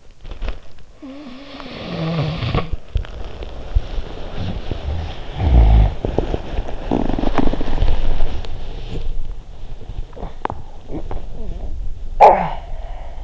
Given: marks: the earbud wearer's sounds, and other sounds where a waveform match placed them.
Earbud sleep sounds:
sounds in sleep by an in-ear microphone; body movement, snoring breath, cough or throat clearing or sniffle
0.00-11.91 s: body movement
0.76-8.96 s: snoring breath
10.00-13.24 s: cough or throat clearing or sniffle

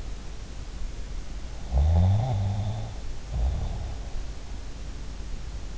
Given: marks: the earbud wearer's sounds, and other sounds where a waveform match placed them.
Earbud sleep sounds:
sounds in sleep by an in-ear microphone; snoring breath
1.68-4.05 s: snoring breath

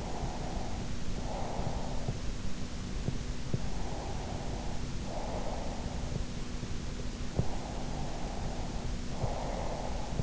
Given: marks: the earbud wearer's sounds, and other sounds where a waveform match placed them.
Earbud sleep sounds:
sounds in sleep by an in-ear microphone; breath
0.00-2.28 s: breath
3.57-6.66 s: breath
7.23-10.23 s: breath

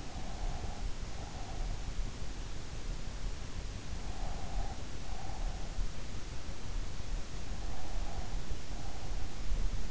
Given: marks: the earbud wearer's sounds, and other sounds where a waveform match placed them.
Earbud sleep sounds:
sounds in sleep by an in-ear microphone; breath
0.00-2.00 s: breath
3.87-5.75 s: breath
7.17-9.82 s: breath

